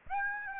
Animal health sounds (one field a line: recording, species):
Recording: mosquito wingbeat signal from an infrared sensor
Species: Aedes aegypti